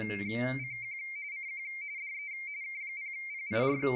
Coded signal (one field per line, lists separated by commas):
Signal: RTTY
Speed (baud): 45.45 baud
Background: speech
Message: CQ CQ DE K0PIR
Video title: What You Need to Know about DM780 RTTY FSK and the Icom 7610 7300